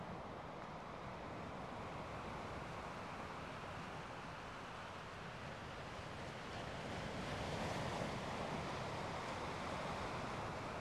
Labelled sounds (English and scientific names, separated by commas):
Arctic Fox (Vulpes lagopus) call